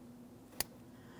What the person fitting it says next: After our audible click, a light tug to confirm that's secure as well.